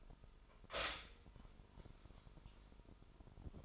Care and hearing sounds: daily activity, microphone in the room; stop toaster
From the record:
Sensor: 5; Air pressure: 988.7 hPa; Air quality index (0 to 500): 233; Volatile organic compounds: 183 ppm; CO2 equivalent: 4156 ppm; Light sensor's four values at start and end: 40/124/48/51 and 40/124/48/52

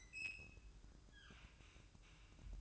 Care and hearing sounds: daily activity, microphone in the room; open fridge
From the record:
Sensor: 2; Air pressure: 1007.6 hPa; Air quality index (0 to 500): 54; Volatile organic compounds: 1 ppm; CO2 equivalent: 578 ppm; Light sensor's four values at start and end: 9/22/9/9 and 9/22/9/9

